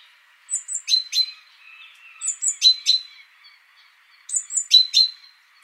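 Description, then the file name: Great tit calls: three similar phrases of thin high notes followed by sharp chinking notes, roughly every two seconds. "Parus major"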